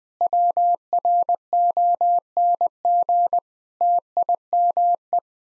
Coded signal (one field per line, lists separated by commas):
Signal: Morse code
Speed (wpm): 21 wpm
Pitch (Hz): 700 Hz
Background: none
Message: WRONG TIME